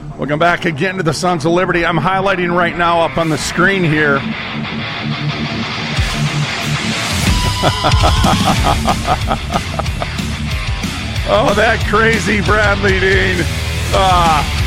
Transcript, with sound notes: Welcome back again to the Sons of Liberty. I'm highlighting right now up on the screen here... (laughs) Oh, that crazy Bradley Dean. Ah.